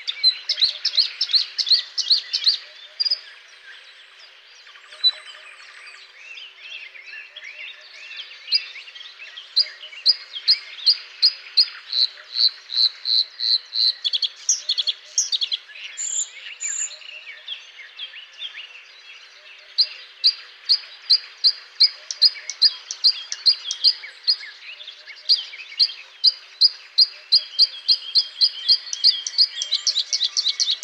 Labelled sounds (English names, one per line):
Bluethroat song